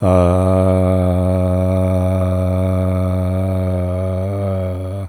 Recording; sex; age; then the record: sustained vowel /a/; male; 70 to 79 years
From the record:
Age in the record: 72 years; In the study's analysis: included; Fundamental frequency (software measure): 93 Hz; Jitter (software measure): 0.37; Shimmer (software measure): 1.96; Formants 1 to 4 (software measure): 682 Hz, 1368 Hz, 2402 Hz, 3651 Hz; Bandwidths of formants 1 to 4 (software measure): 60 Hz, 142 Hz, 136 Hz, 236 Hz